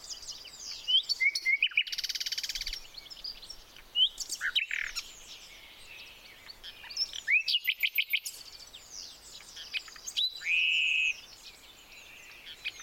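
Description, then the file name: Common nightingale song: rattling buzzes, quick repeated chips and a sustained whistled note, interspersed with pauses while other birds sing in the background. "Luscinia megarhynchos"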